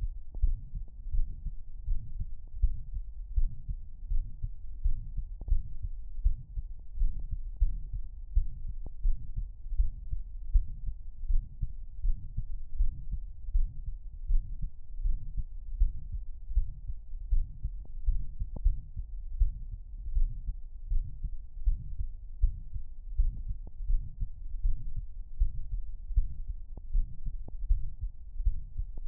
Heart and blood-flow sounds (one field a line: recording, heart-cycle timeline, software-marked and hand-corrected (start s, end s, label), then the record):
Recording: heart sounds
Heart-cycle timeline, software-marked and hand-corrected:
0.00	0.02	systole
0.02	0.12	S2
0.12	0.42	diastole
0.42	0.56	S1
0.56	0.74	systole
0.74	0.82	S2
0.82	1.14	diastole
1.14	1.26	S1
1.26	1.46	systole
1.46	1.54	S2
1.54	1.86	diastole
1.86	1.98	S1
1.98	2.18	systole
2.18	2.28	S2
2.28	2.62	diastole
2.62	2.74	S1
2.74	2.94	systole
2.94	3.04	S2
3.04	3.36	diastole
3.36	3.50	S1
3.50	3.70	systole
3.70	3.78	S2
3.78	4.12	diastole
4.12	4.24	S1
4.24	4.44	systole
4.44	4.52	S2
4.52	4.84	diastole
4.84	4.96	S1
4.96	5.16	systole
5.16	5.24	S2
5.24	5.50	diastole
5.50	5.62	S1
5.62	5.82	systole
5.82	5.92	S2
5.92	6.24	diastole
6.24	6.36	S1
6.36	6.56	systole
6.56	6.66	S2
6.66	6.98	diastole
6.98	7.10	S1
7.10	7.24	systole
7.24	7.30	S2
7.30	7.60	diastole
7.60	7.74	S1
7.74	7.94	systole
7.94	8.02	S2
8.02	8.34	diastole
8.34	8.46	S1
8.46	8.66	systole
8.66	8.74	S2
8.74	9.04	diastole
9.04	9.16	S1
9.16	9.36	systole
9.36	9.46	S2
9.46	9.78	diastole
9.78	9.90	S1
9.90	10.10	systole
10.10	10.20	S2
10.20	10.52	diastole
10.52	10.64	S1
10.64	10.84	systole
10.84	10.94	S2
10.94	11.28	diastole
11.28	11.42	S1
11.42	11.62	systole
11.62	11.70	S2
11.70	12.06	diastole
12.06	12.16	S1
12.16	12.36	systole
12.36	12.46	S2
12.46	12.78	diastole
12.78	12.90	S1
12.90	13.10	systole
13.10	13.20	S2
13.20	13.54	diastole
13.54	13.68	S1
13.68	13.86	systole
13.86	13.94	S2
13.94	14.28	diastole
14.28	14.42	S1
14.42	14.60	systole
14.60	14.68	S2
14.68	15.02	diastole
15.02	15.16	S1
15.16	15.36	systole
15.36	15.46	S2
15.46	15.78	diastole
15.78	15.92	S1
15.92	16.12	systole
16.12	16.22	S2
16.22	16.56	diastole
16.56	16.68	S1
16.68	16.88	systole
16.88	16.96	S2
16.96	17.30	diastole
17.30	17.44	S1
17.44	17.64	systole
17.64	17.72	S2
17.72	18.06	diastole
18.06	18.18	S1
18.18	18.32	systole
18.32	18.36	S2
18.36	18.64	diastole
18.64	18.76	S1
18.76	18.96	systole
18.96	19.04	S2
19.04	19.38	diastole
19.38	19.52	S1
19.52	19.72	systole
19.72	19.80	S2
19.80	20.14	diastole
20.14	20.30	S1
20.30	20.48	systole
20.48	20.58	S2
20.58	20.90	diastole
20.90	21.04	S1
21.04	21.24	systole
21.24	21.34	S2
21.34	21.66	diastole
21.66	21.78	S1
21.78	21.98	systole
21.98	22.08	S2
22.08	22.42	diastole
22.42	22.54	S1
22.54	22.74	systole
22.74	22.82	S2
22.82	23.18	diastole
23.18	23.32	S1
23.32	23.48	systole
23.48	23.56	S2
23.56	23.88	diastole
23.88	24.02	S1
24.02	24.22	systole
24.22	24.30	S2
24.30	24.62	diastole
24.62	24.76	S1
24.76	24.96	systole
24.96	25.06	S2
25.06	25.40	diastole
25.40	25.52	S1
25.52	25.72	systole
25.72	25.82	S2
25.82	26.16	diastole
26.16	26.28	S1
26.28	26.50	systole
26.50	26.60	S2
26.60	26.94	diastole
26.94	27.06	S1
27.06	27.26	systole
27.26	27.34	S2
27.34	27.68	diastole
27.68	27.82	S1
27.82	28.02	systole
28.02	28.10	S2
28.10	28.44	diastole
28.44	28.56	S1
28.56	28.74	systole
28.74	28.80	S2
28.80	29.08	diastole
From the record:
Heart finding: mitral regurgitation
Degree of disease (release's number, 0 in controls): 2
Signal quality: good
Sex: male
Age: 79 years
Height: 1.75 m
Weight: 80 kg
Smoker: yes